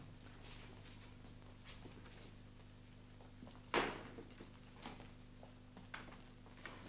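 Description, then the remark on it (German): A chair is brought over and set down with one solid wooden thump, followed by a few softer knocks and shuffles over a steady low hum. No one speaks. “Wir setzen sich doch. Stuhl!”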